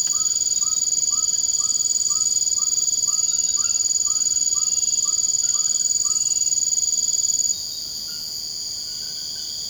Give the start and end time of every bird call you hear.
0.11s-6.26s: bird call

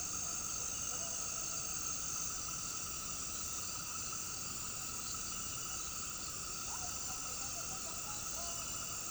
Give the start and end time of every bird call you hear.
6.73s-8.65s: bird call

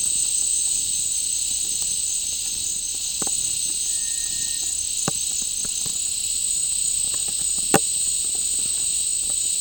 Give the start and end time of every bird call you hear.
3.82s-4.77s: bird call

